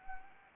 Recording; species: mosquito wingbeat signal from an infrared sensor; Anopheles arabiensis